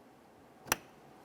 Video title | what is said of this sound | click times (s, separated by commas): How to Replace Front Interior Door Handle 2005-2010 Chevy Cobalt | listen for a click give it a nice tug to make sure it's secure | 0.7 s